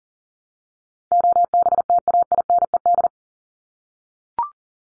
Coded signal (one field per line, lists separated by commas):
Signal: Morse code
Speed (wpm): 40 wpm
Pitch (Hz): 700 Hz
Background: none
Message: OBTAINED